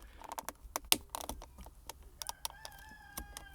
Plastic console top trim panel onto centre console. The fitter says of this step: Just push it down until it clicks.